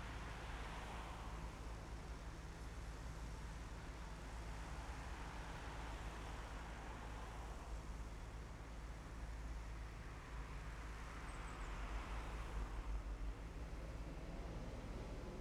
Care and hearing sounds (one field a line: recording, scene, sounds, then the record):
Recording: everyday scene through a hearing-aid microphone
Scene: in traffic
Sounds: traffic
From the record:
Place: main city hub, rush hour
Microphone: behind the ear, left, front